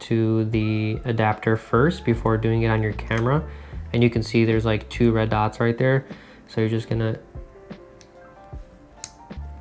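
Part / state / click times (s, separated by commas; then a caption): vintage lens into lens mount adapter / seated / 9.0 s. A vintage manual lens is lined up by its two red dots and twisted onto a metal lens-mount adapter while someone talks over music. After the talking stops there are quiet handling sounds, then the bayonet locks with a sharp click at 9.0 s, seating the lens in the adapter.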